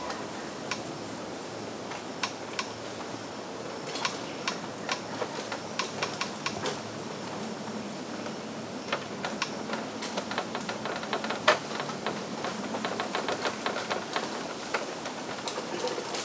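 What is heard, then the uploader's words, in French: Giant bamboo creaks and knocks in a tropical forest, sharp clicks scattered over a steady low wash, growing busier in the second half. Bambous grinçants. Bambous géants dans la forêt tropicale (Ilha Grande, Brésil).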